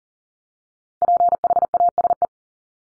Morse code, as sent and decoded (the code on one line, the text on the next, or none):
.--. .... .- ... .
PHASE